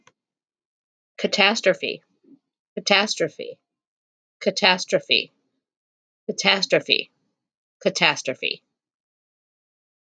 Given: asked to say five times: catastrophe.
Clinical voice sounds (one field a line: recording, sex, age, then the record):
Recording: repeated word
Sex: female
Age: 50 to 59 years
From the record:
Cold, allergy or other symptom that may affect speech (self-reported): no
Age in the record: 56 years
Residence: Missouri, United States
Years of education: 12